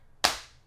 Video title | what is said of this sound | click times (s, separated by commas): Two ALL NEW Cases From Benks! - ArmorEdge and ArmorEdge Air for iPhone 17 Pro Max | Very solid click on here. | 0.2 s